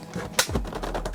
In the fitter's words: you hear it snap in place there you go there light is now installed